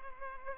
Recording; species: mosquito wingbeat signal from an infrared sensor; Culex pipiens